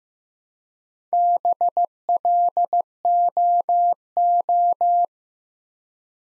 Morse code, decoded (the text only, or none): BLOO